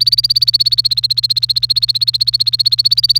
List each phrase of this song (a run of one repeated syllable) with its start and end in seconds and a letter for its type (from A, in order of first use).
0.00-3.19 A